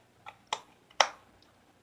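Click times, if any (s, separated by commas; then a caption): 1.0 s. A small plastic pilot figure is slid onto the cockpit mount of a Starlink: Battle for Atlas toy starship. A few light plastic ticks come first, at about 0.3 s and 0.5 s, then a faint one near 0.9 s, followed by a sharp, loud click at 1.0 s and a faint tick around 1.4 s. The figure clicks into place on the mount at 1.0 s and is seated.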